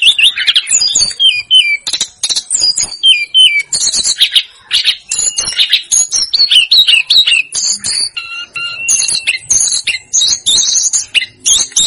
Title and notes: Masteran Tledekan Gunung Sikatan Gunung. BURUNG TLEDEKAN